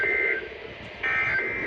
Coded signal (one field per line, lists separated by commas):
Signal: Emergency Alert System (SAME) tones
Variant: end-of-message bursts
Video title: APRIL FOOLS ANARCHY | EAS Alerts From (4/1/26)